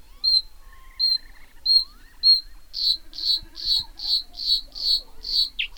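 Bluethroat calls: four spaced, bright notes followed by a faster run of several similar buzzy notes.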